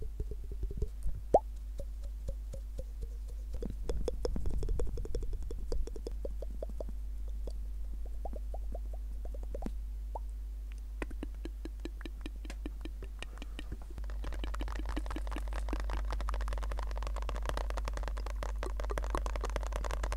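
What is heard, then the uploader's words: Mouth sounds: wet clicks, pops and smacking taps scattered throughout, some in quick bursts around the middle. A soft low hum sits underneath, and after about fourteen seconds a gentle airy hiss swells in beneath denser clicking. ASMR Mouth Sounds & Triggers With A $40 Headset Mic.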